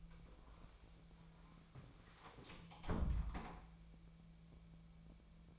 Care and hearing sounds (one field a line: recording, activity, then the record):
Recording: daily activity, microphone in the room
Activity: close door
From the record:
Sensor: 1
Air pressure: 1000.5 hPa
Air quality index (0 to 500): 186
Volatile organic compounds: 5 ppm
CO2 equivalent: 1709 ppm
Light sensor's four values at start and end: 12/28/11/13 and 11/27/11/13